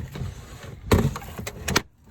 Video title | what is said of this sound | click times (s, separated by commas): Zefiro 675 - Cassette Toilet | until you hear an audible click. | 0.9 s